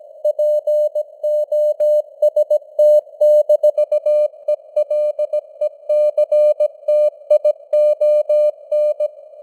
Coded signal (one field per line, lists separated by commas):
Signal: Morse code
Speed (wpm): 17 wpm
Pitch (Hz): 600 Hz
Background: none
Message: POST-ELECTION